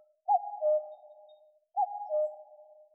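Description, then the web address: Common cuckoo calling its two-note falling cu-coo, given twice about one and a half seconds apart, soft and clear with nothing else heard. "Cuculus canorus"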